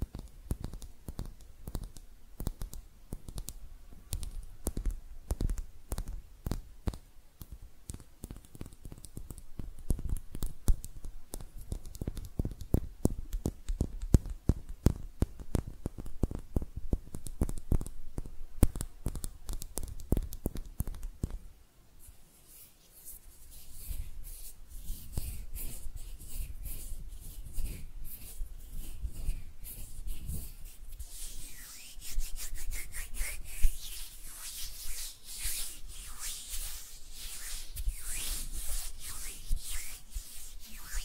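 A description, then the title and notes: Hands rub and brush against each other in a fast run of dry, scratchy strokes, dense and fairly regular for the first twenty seconds. After a short near-silent pause around the 22-second mark, the rubbing resumes softer and smoother, growing brighter and hissier toward the end. ASMR Relaxing Hand Sounds (No Talking).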